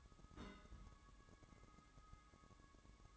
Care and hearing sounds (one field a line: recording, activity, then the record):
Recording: daily activity, microphone in the room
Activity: place on stove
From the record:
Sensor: 3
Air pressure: 1008.0 hPa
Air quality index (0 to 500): 118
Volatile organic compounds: 2 ppm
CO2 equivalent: 979 ppm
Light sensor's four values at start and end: 8/19/8/7 and 8/19/8/7